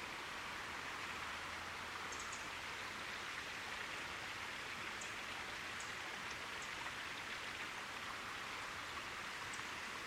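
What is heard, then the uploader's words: A winter forest park filled with a steady, dense hiss like rushing water or light rain, unchanging from start to finish. Faint, high chirps poke through now and then, near two, five and seven seconds, and a low hum lingers briefly early on. Forest Park in Winter.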